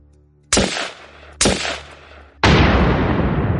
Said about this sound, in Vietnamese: Hai tiếng súng và một tiếng nổ dữ dội, trước mắt Liêu Thiên Minh bóng sáng ngời, xác Tiểu Trương và Hỗn Độn đã biến mất.